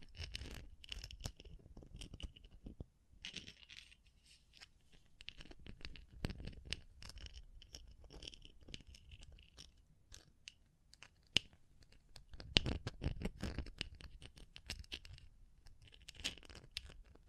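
Scratching, tapping and brushing sounds come in dense, irregular bursts with short quiet gaps, crisp and bright with a soft low thump underneath. Busier, louder stretches arrive near the start, around six seconds and again from about twelve to fourteen seconds, with sharp single taps scattered between.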